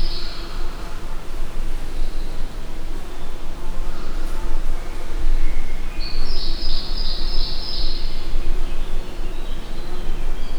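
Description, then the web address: Insect sound: a faint high buzzy trill at the start, then a louder shrill buzzing burst later on, over a steady low rumble. Captive insect at a zoo in Miskolc, in an outer hall, 2018. "rovar kulsoterem miskolczoo"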